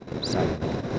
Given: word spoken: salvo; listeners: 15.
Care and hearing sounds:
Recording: one Spanish word in noise, from a listening test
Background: noise modulated by three-talker babble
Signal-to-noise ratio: -3.9 dB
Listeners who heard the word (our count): 0 of 15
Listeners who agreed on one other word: 7 of 15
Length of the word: 0.59 s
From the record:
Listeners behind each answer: 7, 2, 1, 1, 1, 1, 1, 1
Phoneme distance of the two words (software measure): 14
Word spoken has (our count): 2 syllables, 5 phonemes, stress on syllable 1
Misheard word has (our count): 1 syllable, 3 phonemes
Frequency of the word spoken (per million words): 66.26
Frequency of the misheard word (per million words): 79.15

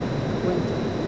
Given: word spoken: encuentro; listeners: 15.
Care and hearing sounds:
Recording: one Spanish word in noise, from a listening test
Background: speech-shaped noise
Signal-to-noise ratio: -5.6 dB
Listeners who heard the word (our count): 0 of 15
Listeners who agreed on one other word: 6 of 15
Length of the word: 0.67 s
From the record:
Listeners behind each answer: 6, 2, 1, 1, 1, 1, 1, 1, 1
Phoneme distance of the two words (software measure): 41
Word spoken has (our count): 3 syllables, 9 phonemes, stress on syllable 2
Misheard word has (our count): 2 syllables, 6 phonemes, stress on syllable 1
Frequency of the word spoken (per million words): 135.81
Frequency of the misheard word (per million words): 45.99

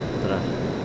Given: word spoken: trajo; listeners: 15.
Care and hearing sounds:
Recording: one Spanish word in noise, from a listening test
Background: speech-shaped noise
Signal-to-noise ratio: -4.2 dB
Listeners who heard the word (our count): 0 of 15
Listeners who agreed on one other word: 6 of 15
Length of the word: 0.45 s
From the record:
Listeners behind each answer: 6, 1, 1, 1, 1, 1, 1, 1, 1, 1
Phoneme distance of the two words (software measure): 10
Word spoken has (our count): 2 syllables, 5 phonemes, stress on syllable 1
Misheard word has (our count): 2 syllables, 5 phonemes, stress on syllable 1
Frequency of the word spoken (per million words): 18.48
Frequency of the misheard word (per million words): 32.10

